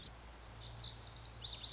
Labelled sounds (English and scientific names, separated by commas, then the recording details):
Lazuli Bunting (Passerina amoena)
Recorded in Sonoma County, California